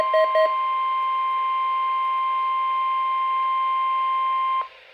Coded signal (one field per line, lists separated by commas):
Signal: Emergency Alert System (SAME) tones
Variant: 1050 Hz attention tone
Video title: NOAA WX FAIL: Three Required Weekly Tests! 2/24/21 (EAS #149-151)